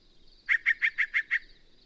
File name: Yellow-breasted Chat